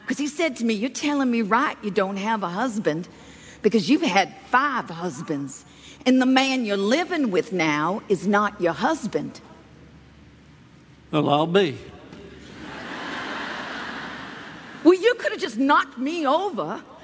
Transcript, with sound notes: Cause he said to me, “You’re tellin’ me right you don’t have a husband, because you’ve had five husbands, and the man you’re livin’ with now is not your husband.”
Well, I’ll be! (laughter)
Well, you coulda just knocked me over!